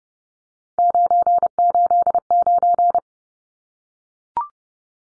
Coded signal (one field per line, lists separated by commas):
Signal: Morse code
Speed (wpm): 30 wpm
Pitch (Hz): 700 Hz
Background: none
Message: 989